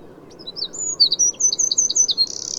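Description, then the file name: Eurasian wren song, a quick series of high, piercing twittering notes that ends in a fast, buzzy trill. "Troglodytes troglodytes"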